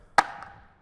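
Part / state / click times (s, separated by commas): plastic cover clip into motorcycle body / seated / 0.2 s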